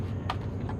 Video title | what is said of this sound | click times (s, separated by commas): DJI Neo Complaints So Far | you pop it out you can put in a different battery you can carry multiple batteries into the field | 0.3 s, 0.7 s